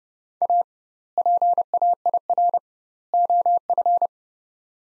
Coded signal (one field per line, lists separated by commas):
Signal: Morse code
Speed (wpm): 30 wpm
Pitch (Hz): 700 Hz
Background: none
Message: A PAIR OF